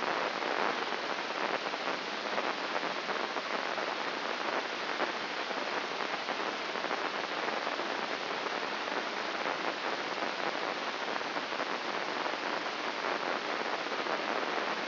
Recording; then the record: brain microelectrode recording played as sound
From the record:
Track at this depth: inside the subthalamic nucleus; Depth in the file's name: 4.63 mm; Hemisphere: left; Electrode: 3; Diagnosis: Parkinson's disease